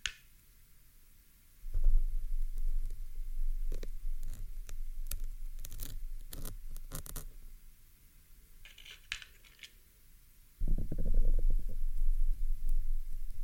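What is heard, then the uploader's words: A pin is plucked from a microphone and the mic is pulled, giving muffled handling noise. Heavy low rumbling thuds begin near two seconds and a harder burst arrives near eleven, with sharp scratchy clicks and rustles scattered between them. ASMR MIC PULLING, PIN EXTRACTION, ASMR PIN REMOVAL, PLUCKING PIN FROM MICROPHONE, PINS ASMR, PINS.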